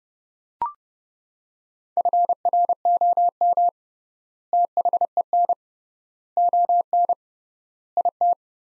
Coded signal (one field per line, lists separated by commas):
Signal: Morse code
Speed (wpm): 31 wpm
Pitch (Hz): 700 Hz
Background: none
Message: FROM THEN ON IT